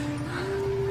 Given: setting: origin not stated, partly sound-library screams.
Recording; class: one-second piece from a danger detection set; normal situation